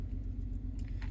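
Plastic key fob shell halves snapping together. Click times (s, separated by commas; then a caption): 0.5 s, 0.8 s, 0.9 s, 1.0 s. The two plastic clamshell halves of a 3rd-generation Toyota Tundra key fob are gently clamped together by the button side after a battery swap. Small plastic clicks sound at 0.6, 0.8, 0.9 and 1.0 s over a steady low hum. The shell snaps shut and is closed.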